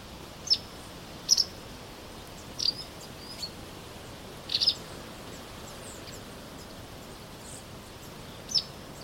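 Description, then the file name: White wagtail giving short, high, thin chirps, single or doubled, scattered unevenly throughout over a steady soft background hiss. "vastarakki"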